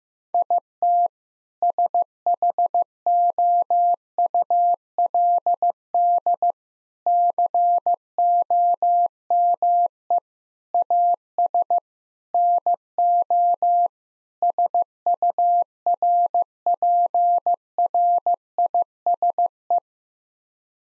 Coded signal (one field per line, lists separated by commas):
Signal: Morse code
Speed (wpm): 15 wpm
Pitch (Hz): 700 Hz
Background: none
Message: IT SHOULD COME AS NO SURPRISE